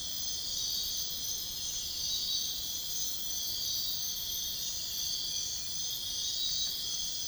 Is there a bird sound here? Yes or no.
no